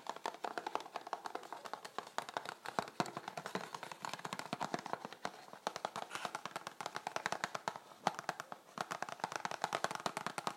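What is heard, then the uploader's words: Fingernails tap rapidly and unevenly on thin, stiff plastic packaging, producing dense, bright clicks throughout. Tapping on some thin but solid plastic packaging with natural nails.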